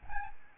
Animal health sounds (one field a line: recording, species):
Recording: mosquito wingbeat signal from an infrared sensor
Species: Aedes albopictus